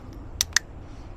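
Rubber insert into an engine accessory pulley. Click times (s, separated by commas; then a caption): 0.4 s, 0.6 s. A small rubber or plastic insert supplied with new engine accessory pulleys is pressed into its pulley by hand to show how it fits, though the inserts are not used on this model and will be thrown away. Against a low background hum, two sharp, bright clicks ring out at 0.4 s and 0.6 s as the insert snaps in and seats.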